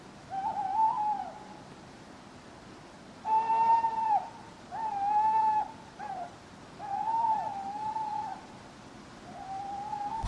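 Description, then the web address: Owl hooting, a run of drawn-out, slightly wavering hoots against a quiet background. Owls hooting at night in a churchyard. "birds backgrounds churchyard night owls hooting clock strike"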